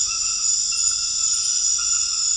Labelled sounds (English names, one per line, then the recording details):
none
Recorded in dense forest near Puerto Asís, Putumayo, Colombia, on 4 March 2025 at 20:30
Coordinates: 0.484, -76.325
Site G045